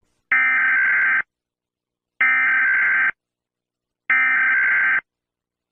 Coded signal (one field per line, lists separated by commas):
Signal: Emergency Alert System (SAME) tones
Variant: header bursts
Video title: EAS Scenario: Numberblocks: Part I￼